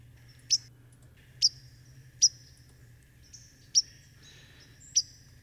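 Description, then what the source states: White-throated sparrow chip notes: five sharp, bright, abrupt high chips at irregular intervals, with a low hum underneath. Call note; winter-only visitor arriving in October and staying through the end of May; bright chip, more abrupt and brighter than a cardinal's.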